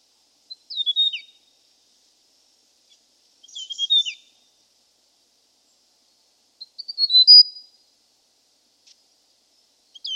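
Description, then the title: Hill prinia repeating short, high, chirpy phrases about every three seconds, some ending in a falling slur, in quiet surroundings. "prenjk gnung. Suara burung prenjak gunung"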